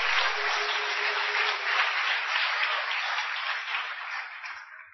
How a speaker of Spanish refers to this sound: Dele palmas al Señor, gloria a Dios.